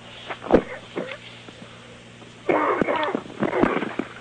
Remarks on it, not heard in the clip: I've got a little coughing thing going on here. It sounds like you coughed up a lung on that one. No, water went down the wrong way.